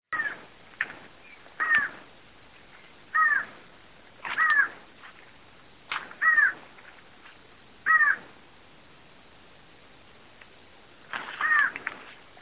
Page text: Choca-da-mata (Thamnophilus caerulescens) Choca-Comun---PP-Cruce-Caballero. Varios ejemplares avistados en el parque